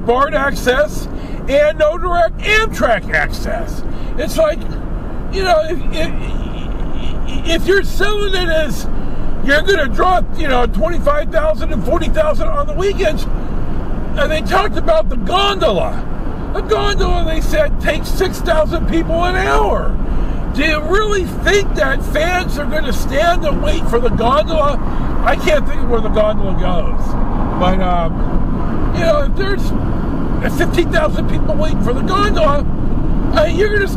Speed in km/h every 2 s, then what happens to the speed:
60, 68, 71, 72, 76, 76, 77, 77, 79, 81, 79, 79, 79, 79, 79, 79, 81.
0-8 speeds up to 76. 8-34 steady at about 79.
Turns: none.